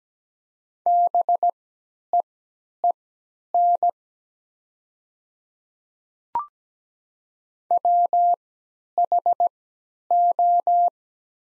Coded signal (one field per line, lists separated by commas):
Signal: Morse code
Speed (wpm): 17 wpm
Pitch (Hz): 700 Hz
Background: none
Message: BEEN WHO